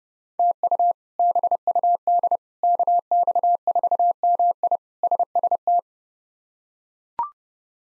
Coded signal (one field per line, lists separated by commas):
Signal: Morse code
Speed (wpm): 28 wpm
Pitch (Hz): 700 Hz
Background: none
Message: TU BUD KX4MI SST